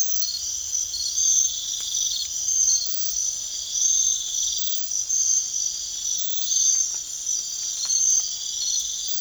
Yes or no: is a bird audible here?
no